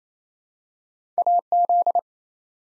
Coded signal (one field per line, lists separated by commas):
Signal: Morse code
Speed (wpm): 29 wpm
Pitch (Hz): 700 Hz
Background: none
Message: AZ